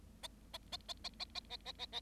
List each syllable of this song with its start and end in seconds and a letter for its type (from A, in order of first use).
0.23-0.27 A, 0.53-0.58 A, 0.72-0.77 A, 0.88-0.93 A, 1.04-1.09 A, 1.19-1.25 A, 1.35-1.40 A, 1.49-1.57 A, 1.65-1.72 A, 1.78-1.86 A, 1.92-2.00 A